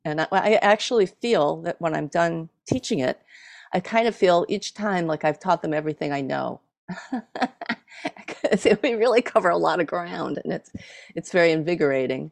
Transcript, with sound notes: And I actually feel that when I’m done teaching it, I kind of feel each time like I’ve taught them everything I know [laughs] because we really cover a lot of ground and it’s very invigorating.